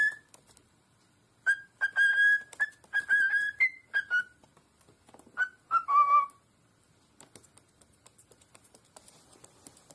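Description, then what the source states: Cockatiel gives several clear whistled notes in short bursts, some sliding downward, followed by quiet rustling and faint clicks. Several cockatiels singing with whistles.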